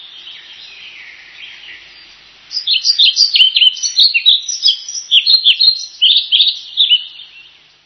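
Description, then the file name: Flycatcher song: soft high twittering at first, then a loud fast sequence of sharp chirping notes lasting about five seconds. "vliegenvanger"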